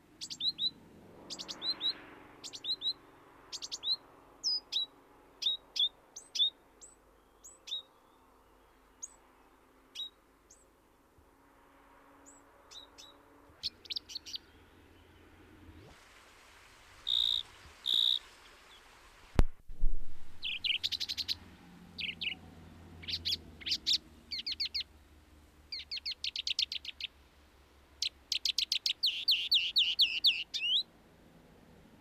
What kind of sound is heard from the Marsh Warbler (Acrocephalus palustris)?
song